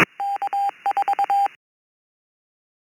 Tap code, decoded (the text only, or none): none